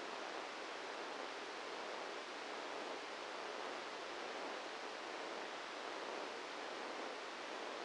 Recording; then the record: brain microelectrode recording played as sound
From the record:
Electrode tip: outside the subthalamic nucleus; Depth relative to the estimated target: 2 mm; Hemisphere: left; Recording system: NeuroSet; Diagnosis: Parkinson's disease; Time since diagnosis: 8 years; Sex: male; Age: 58 years